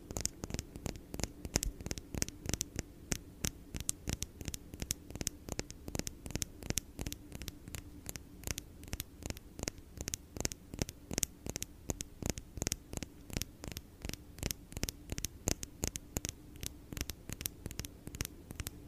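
ASMR tapping: crisp, sharp taps land in a quick, fairly even rhythm, about three or four each second, for the whole stretch. Each tap is bright and clicky. A steady low hum runs constantly underneath.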